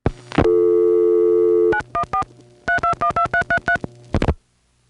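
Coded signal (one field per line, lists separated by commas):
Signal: DTMF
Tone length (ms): 100 ms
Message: 914 3212333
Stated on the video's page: Multi-frequency trunk signalling on a call from NYC to a senderized step-by-step office in Chester NY, 1977.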